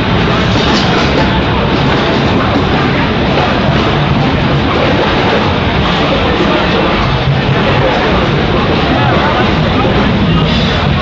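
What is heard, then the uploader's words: A whole hall of drums and percussion played at once merges into one thick, unbroken roar. Deep thuds and bright, hissy clatter blur together with no single beat standing out, and the loudness holds steady throughout, with a murmur like crowd chatter mixed in. Every year, the National Association of Music Merchants holds its trade show at the Anaheim Convention Center in Anaheim, California. It features an entire hall of drum and percussion gear, all being played at once. The experience is something like being inside a jackhammer.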